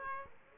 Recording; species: mosquito wingbeat signal from an infrared sensor; Aedes aegypti